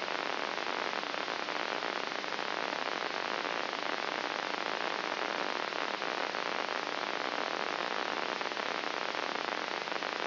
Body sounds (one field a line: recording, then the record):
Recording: brain microelectrode recording played as sound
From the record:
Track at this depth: inside the subthalamic nucleus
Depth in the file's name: 5.04 mm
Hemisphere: right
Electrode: 3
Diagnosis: Parkinson's disease